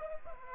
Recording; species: mosquito wingbeat signal from an infrared sensor; Anopheles arabiensis